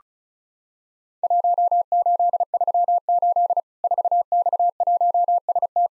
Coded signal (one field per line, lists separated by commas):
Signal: Morse code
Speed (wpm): 36 wpm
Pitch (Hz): 700 Hz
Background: none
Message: 1838 4X1ST